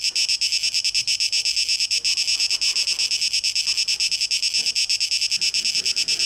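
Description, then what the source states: Cicada buzzing, shrill and steady, pulsing around three times per second, with only faint low background sound. Cicadas, 12 August 2023, tape echo mix.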